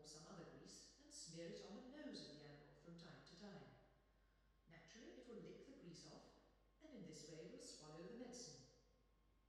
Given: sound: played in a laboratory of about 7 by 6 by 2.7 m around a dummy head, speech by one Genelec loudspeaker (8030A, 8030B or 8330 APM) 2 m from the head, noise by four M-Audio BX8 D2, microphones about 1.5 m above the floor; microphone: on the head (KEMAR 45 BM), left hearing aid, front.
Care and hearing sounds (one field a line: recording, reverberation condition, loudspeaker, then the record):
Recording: female speech in English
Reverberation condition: high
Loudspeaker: 30 degrees to the right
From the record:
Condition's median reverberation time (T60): about 1300 ms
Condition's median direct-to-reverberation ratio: about -4.0 dB